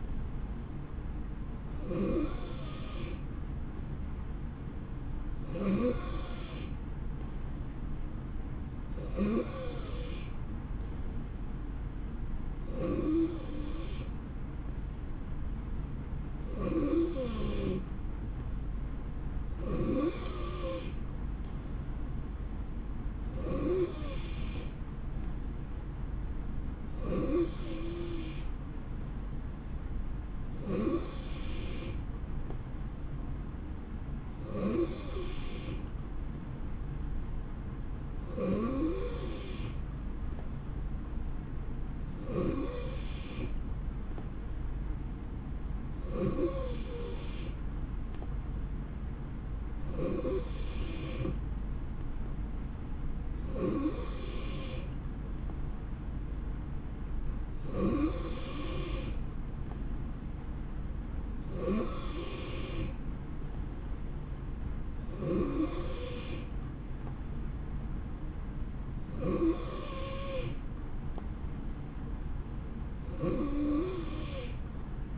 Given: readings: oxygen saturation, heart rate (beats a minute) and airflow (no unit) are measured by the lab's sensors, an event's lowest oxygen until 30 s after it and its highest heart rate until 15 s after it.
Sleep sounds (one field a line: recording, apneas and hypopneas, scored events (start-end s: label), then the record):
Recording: breathing in sleep by a smartphone at the bedside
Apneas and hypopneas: none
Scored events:
9.00-75.18 s: new sleep stage, N3 (deep sleep)
From the record:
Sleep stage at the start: N2 (light sleep)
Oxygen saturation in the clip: 90 to 91%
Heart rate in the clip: 62 to 71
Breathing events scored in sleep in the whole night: 160 in 9.3 hours asleep